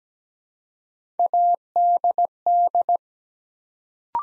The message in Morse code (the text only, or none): ADD